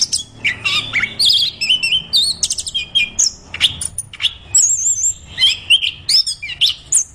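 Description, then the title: Orange-headed thrush singing a rich, varied song of whistled and buzzy high phrases, with quick trills and slurred notes following one another with short pauses. Singing persistently in full voice, described as 'gacor'. "Anis Kembang Gacor"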